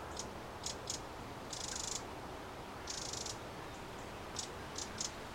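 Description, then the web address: Eurasian wren giving dry ticking calls and two longer rattling churrs around two and three seconds, over steady background hiss. "pub SETE data Troglodytes troglodytes"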